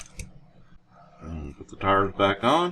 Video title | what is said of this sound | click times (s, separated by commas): Axial Base Camp Poor Man's shock fix | we should just snap right in look at that | 0.2 s